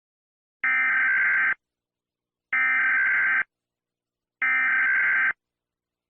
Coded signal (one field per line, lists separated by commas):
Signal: Emergency Alert System (SAME) tones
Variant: header bursts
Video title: EAS Scenario #10 The Invasion Of Ukraine (The Beginning Of The War)